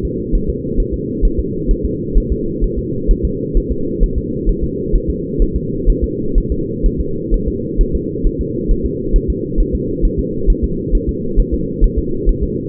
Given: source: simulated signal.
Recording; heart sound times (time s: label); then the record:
fetal heart sounds
0.05 s: S2
0.35 s: S1
0.49 s: S2
0.80 s: S1
0.94 s: S2
1.25 s: S1
1.39 s: S2
1.71 s: S1
1.85 s: S2
2.17 s: S1
2.32 s: S2
2.64 s: S1
2.79 s: S2
3.11 s: S1
3.25 s: S2
3.57 s: S1
3.72 s: S2
4.03 s: S1
4.18 s: S2
4.49 s: S1
4.63 s: S2
4.95 s: S1
5.10 s: S2
5.42 s: S1
5.56 s: S2
5.90 s: S1
6.04 s: S2
6.38 s: S1
6.52 s: S2
6.86 s: S1
7.00 s: S2
7.34 s: S1
7.48 s: S2
7.81 s: S1
7.95 s: S2
8.27 s: S1
8.41 s: S2
8.71 s: S1
8.86 s: S2
9.16 s: S1
9.30 s: S2
9.60 s: S1
9.75 s: S2
10.05 s: S1
10.19 s: S2
10.50 s: S1
10.64 s: S2
10.95 s: S1
11.09 s: S2
11.40 s: S1
11.54 s: S2
11.84 s: S1
11.98 s: S2
12.29 s: S1
12.43 s: S2
From the record:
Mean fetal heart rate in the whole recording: 130 bpm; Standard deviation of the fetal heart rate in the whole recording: 4 bpm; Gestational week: 38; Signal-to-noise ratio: -6.6 dB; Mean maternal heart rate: 72 bpm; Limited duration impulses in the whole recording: present